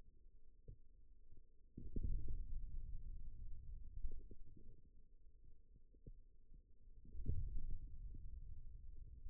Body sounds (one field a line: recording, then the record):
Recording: forearm muscle sounds (acoustic myography)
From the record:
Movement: ulnar deviation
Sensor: system 2, bracelet of six BSWA MPA416 microphones around the upper forearm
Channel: 6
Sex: male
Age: 22 years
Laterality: right